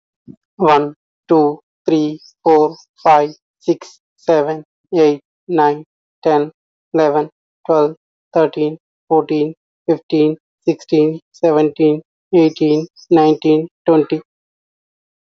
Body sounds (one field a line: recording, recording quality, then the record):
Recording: counting at a normal pace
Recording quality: excellent, no background noise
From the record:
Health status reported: healthy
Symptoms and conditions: none ticked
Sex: male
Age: 33 years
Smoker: not ticked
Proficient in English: yes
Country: India